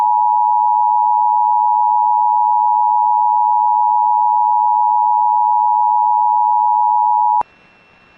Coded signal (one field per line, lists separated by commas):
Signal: Emergency Alert System (SAME) tones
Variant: 853 and 960 Hz attention tone